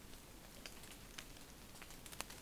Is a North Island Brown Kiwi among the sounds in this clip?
no